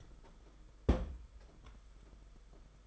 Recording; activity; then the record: daily activity, microphone in the room; place on stove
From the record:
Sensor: 5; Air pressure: 991.2 hPa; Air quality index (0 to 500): 92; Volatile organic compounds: 11 ppm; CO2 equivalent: 2317 ppm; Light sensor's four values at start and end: 33/104/40/42 and 32/102/39/42